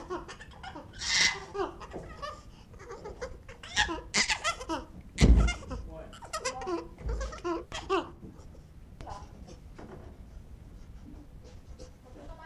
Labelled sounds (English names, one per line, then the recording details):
Chimpanzee call
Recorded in captivity
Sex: diverse
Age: diverse
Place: Tierpark Berlin, Berlin, DE
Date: 1966-04-23
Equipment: Grundig TK 1 Luxus
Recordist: unbekannt, keine Angabe
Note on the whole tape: Schimpansin "Simone" aus Käfig geholt, ängstlich, klammert sich an Pflegerin, dann Schimpanse "Tim", zeigt Angst, als er vors Mikrofon gehalten wird. Aufnahmezeit: 7.30-9.00 Uhr